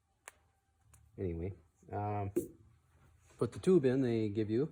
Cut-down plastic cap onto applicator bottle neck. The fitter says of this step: you snap that on it still holds you hear that little click anyway